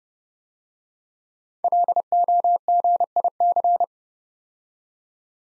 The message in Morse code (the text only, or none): LOGIC